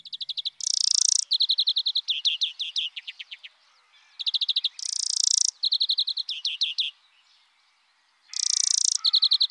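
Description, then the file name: European greenfinch song: rapid rolling trills of chirps alternating with drawn-out nasal buzzes, repeated in three bursts separated by short pauses. "verdier"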